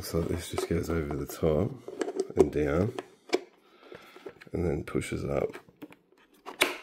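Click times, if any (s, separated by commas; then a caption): 6.6 s. Someone talks while the latch on a small hard plastic cooler is brought over the top of the lid, down, and then pushed up. The latch snaps home with a sharp click at 6.6 s, seating the lid closed.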